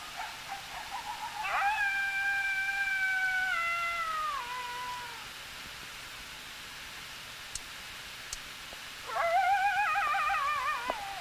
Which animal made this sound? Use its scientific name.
Canis latrans